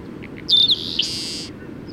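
Bird song phrase: a high pure whistle followed by a short, harsh, hissing buzz, over a soft low background hum.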